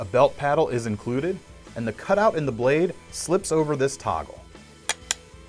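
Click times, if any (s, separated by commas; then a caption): 4.9 s, 5.1 s. A tomahawk blade's cutout is slipped over the toggle on a belt-paddle sheath while someone talks over background music. Two sharp clicks follow at 4.9 s and 5.1 s as magnets catch the blade and the toggle clicks into place, seating the head and holding it down.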